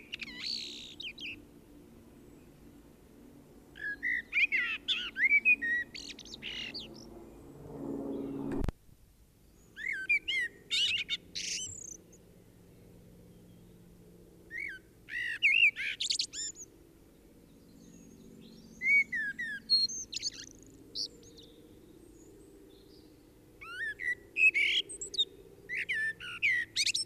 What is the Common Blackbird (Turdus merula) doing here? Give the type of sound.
song